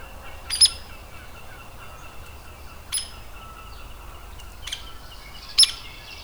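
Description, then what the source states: Hairy woodpecker calls: three or four sharp, metallic peek notes at uneven intervals over light background birdsong. Adult.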